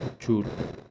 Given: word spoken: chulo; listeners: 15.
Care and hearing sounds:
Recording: one Spanish word in noise, from a listening test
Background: noise modulated by one talker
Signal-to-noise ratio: 7.8 dB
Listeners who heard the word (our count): 4 of 15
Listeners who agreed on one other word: 6 of 15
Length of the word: 0.51 s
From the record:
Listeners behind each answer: 6, 4, 3, 1, 1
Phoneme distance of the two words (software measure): 10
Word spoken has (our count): 2 syllables, 4 phonemes, stress on syllable 1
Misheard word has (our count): 2 syllables, 4 phonemes, stress on syllable 1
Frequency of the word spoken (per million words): 2.20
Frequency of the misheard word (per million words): 0.48

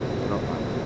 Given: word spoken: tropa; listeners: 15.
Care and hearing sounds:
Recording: one Spanish word in noise, from a listening test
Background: speech-shaped noise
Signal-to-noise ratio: -4.7 dB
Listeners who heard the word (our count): 3 of 15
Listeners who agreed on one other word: 10 of 15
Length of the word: 0.46 s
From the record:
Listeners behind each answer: 10, 3, 1, 1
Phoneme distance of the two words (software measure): 17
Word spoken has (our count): 2 syllables, 5 phonemes, stress on syllable 1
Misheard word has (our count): 2 syllables, 4 phonemes, stress on syllable 1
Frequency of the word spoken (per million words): 10.42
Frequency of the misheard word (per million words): 60.38

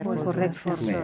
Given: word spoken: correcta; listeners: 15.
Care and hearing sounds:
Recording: one Spanish word in noise, from a listening test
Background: four-talker babble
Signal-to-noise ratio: 0.7 dB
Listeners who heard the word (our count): 0 of 15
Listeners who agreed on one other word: 8 of 15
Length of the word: 0.64 s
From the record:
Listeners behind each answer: 8, 3, 1, 1, 1, 1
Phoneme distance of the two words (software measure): 10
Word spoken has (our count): 3 syllables, 7 phonemes, stress on syllable 2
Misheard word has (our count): 3 syllables, 7 phonemes, stress on syllable 2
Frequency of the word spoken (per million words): 23.55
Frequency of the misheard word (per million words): 21.25

